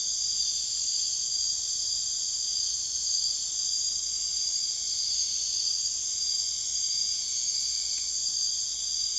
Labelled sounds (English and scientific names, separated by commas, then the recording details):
none
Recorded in secondary vegetation near Puerto Asís, Putumayo, Colombia, on 22 June 2025 at 00:30
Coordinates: 0.485, -76.322
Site GP06